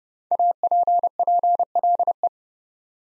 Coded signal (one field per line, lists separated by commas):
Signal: Morse code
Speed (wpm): 30 wpm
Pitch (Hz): 700 Hz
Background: none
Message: APPLE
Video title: Easy Words with Hints - 30wpm